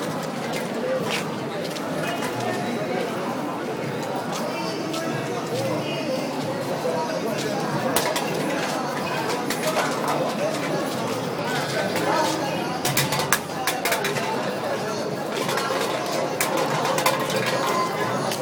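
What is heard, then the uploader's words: A Friday evening walk through Cairo streets fills with a steady, dense murmur of many voices, scattered bright clatters, and occasional bird calls. Walking in Cairo, egypt on Friday evening.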